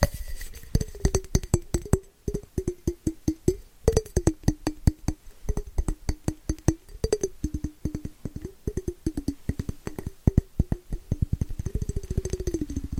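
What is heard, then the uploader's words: Fast, scratchy tapping runs through the whole stretch: dense, sharp clicks come in quick bursts, several per second, with short gaps between clusters. Under the taps a low, wavering tone slides up and down, and faint rustly scraping fills the background. ASMR Fast & Scratchy Tapping (No Talking).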